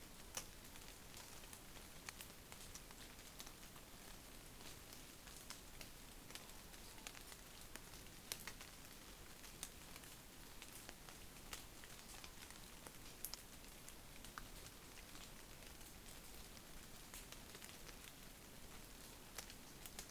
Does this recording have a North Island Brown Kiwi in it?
no